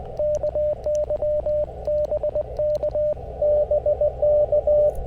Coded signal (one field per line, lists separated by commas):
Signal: Morse code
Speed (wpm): 19 wpm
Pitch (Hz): 600 Hz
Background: radio noise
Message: KY BK BK